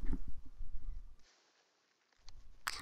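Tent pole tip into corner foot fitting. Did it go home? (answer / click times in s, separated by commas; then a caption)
yes / 2.7 s. The metal tip of a MoonLight2 tent's cross pole is pushed into a small Jake's foot fitting at the tent corner. Low handling rustle fades to near silence, then a faint tick at 2.3 s is followed by a sharp click at 2.7 s as the pole end pops into the fitting and seats.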